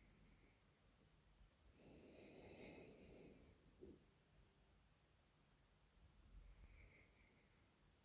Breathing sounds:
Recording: nose breathing near a microphone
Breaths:
0.00-1.39 s: inhalation
1.39-4.34 s: exhalation
6.10-8.05 s: inhalation
From the record:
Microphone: phone

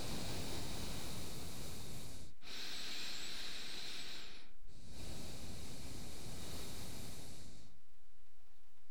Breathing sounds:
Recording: nose breathing near a microphone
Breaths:
0.00-2.46 s: exhalation
2.46-4.80 s: inhalation
4.80-7.47 s: exhalation
From the record:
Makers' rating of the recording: medium

